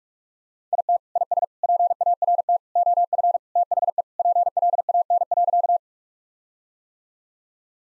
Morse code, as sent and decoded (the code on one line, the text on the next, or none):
.. - / .. ... / .--. .- .-. - / --- ..-. / - .... . / .--. .-.. .- -. .-.-.-
IT IS PART OF THE PLAN.